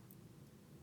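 A metal M42 lens adapter is rotated on the lens mount of a Canon EOS Elan (E100) film SLR camera, producing low, continuous handling rumble with a brief faint high-pitched tick near 0.1 s. The adapter has not yet clicked into place or locked by the end of the clip.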